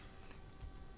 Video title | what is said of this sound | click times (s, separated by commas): RC Car Basics - Setting Up Your Steering End Points | we're just pushing that on over there, and that pops into place. | 0.3 s